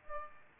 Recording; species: mosquito wingbeat signal from an infrared sensor; Aedes albopictus